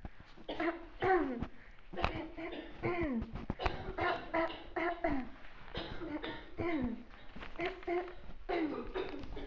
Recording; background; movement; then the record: throat clearing; a bystander coughing; walking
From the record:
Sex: female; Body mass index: 18.8 kg/m2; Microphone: on the chest, facing outward